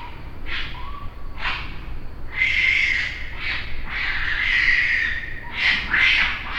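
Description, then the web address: Raccoon calls: a few short scratchy bursts, then long strained squeals with a whistling edge lasting several seconds. Recorded on 3 June 2009. "Raccoon 2009 06 03"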